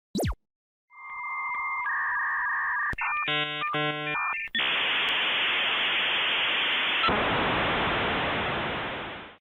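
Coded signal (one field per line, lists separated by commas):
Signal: dial-up modem handshake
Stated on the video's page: Dial-up internet sound used as a meme sound effect.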